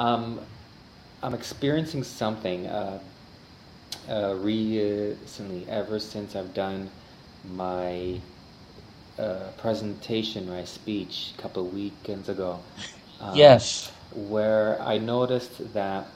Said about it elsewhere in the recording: Everybody in the conference now knows that I stutter.